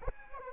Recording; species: mosquito wingbeat signal from an infrared sensor; Anopheles arabiensis